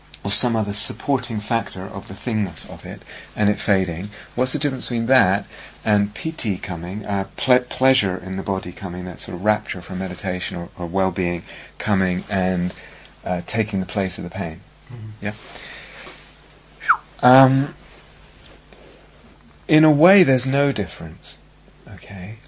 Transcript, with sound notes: or some other supporting factor of the thingness of it and it fading -- what's the difference between that and pīti coming, pleasure in the body coming, that sort of rapture from meditation or well-being coming and taking the place of the pain? Yeah? [whistles] In a way, there's no difference, okay?